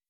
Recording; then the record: hydrophone in a shrimp aquaculture tank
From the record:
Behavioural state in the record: weakened